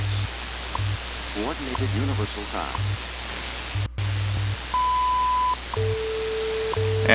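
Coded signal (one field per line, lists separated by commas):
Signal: radio time signal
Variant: WWV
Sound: shortwave hiss with low hum pulses, clicks each second, then steady 1 kHz and 500 Hz tones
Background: radio static, faint voice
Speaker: this one is on 15 megahertz WWV 15 megahertz and we'll compare of course to antennas the w6 LVP amplified magnetic loop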